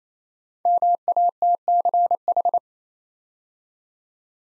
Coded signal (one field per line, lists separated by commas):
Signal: Morse code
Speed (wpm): 29 wpm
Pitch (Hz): 700 Hz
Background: none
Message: MATCH